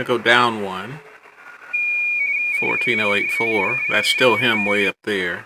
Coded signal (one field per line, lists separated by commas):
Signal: RTTY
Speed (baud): 45.45 baud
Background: speech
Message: CQ WRT K3MM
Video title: Weekly RTTY TEST - 6-5 2026 (And other stuff)